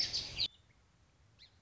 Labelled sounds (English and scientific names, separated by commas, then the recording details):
Song Sparrow (Melospiza melodia)
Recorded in Sonoma County, California